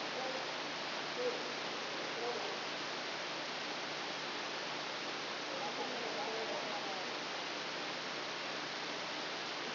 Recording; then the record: brain microelectrode recording played as sound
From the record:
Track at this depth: inside the subthalamic nucleus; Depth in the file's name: 2.51 mm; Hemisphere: left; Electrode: 2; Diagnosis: Parkinson's disease